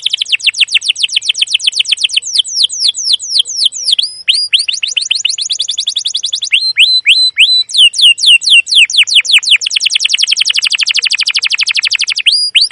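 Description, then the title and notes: Canary song with many changing trills, fast repeated downward notes, short whistled phrases and a dense buzzy roll near the end. Canary song used as a lure (pancingan, masteran) to train young canaries to sing; described as gacor, long, emotional chirping. "CUIT CUIT NGEROL LANGSUNG GACOR PANJANG Kenari Ini AMPUH Utk Pancingan KENAR. PANCINGAN Kenari GACOR PANJANG Cuit CUIT EMOSI ini AMPUH utk MASTERAN Kenari PAUD belajar BUNYI. burung kenari"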